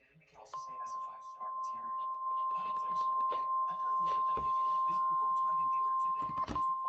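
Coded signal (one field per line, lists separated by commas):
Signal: Emergency Alert System (SAME) tones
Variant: 1050 Hz attention tone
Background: speech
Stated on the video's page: Flash Flood Warning received on NOAA Weather Radio.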